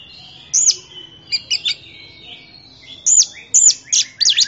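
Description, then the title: Oriental magpie-robin: songbird giving scattered whistled and hooked notes with short gaps, then a quicker sequence of loud sweeping whistles. Champion bird. "Kicau Burung Kacer Juara"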